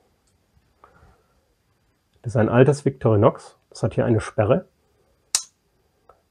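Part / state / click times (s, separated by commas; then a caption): folding knife blade into its liner/back lock / seated / 5.4 s. Someone talks, then the blade of an old Victorinox Swiss-style pocket knife is opened and its steel blade lock snaps into place with a sharp click at 5.4 s. The lock is engaged, holding the folding blade open until the lock is released.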